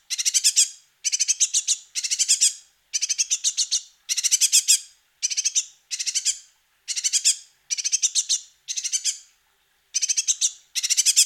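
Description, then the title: Great tit chicks giving dense bursts of high, buzzy, scratchy begging notes, each burst about half a second long and repeated roughly every second. "Sylvain Jaskowiak - Mes piafs. Mésange charbonnière - Poussins"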